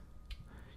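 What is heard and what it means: A loose plastic torso connector peg on a Transformers Combiner Wars Brawl transforming robot figure, part of its transformation, is pushed into its port and snaps into place. A single short, sharp click is heard at 0.3 s against a faint background hiss, and the connector is seated.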